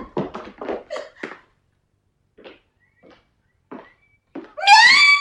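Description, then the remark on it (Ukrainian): A grandmother knocks: a quick cluster of dull thumps, then a few soft, irregularly spaced knocks separated by silence. A loud, rising, high-pitched cry cuts in at the end. “А чего яна стукает?”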